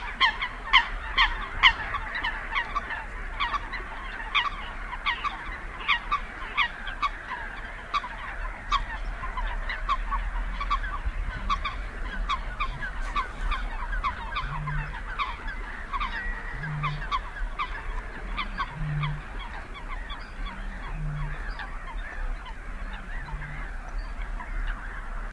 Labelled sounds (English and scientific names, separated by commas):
Eurasian Coot (Fulica atra) call